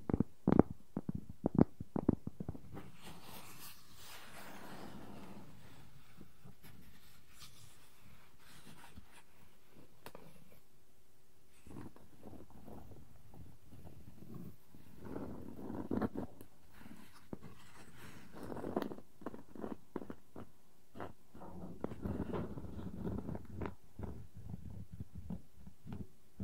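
Wooden objects tap and scratch: a burst of sharp, loud knocks in the first two seconds, then mostly softer scraping and rubbing with scattered light taps. Around fifteen to nineteen seconds the scratching swells and grows busier, with clusters of quick clicks toward the end.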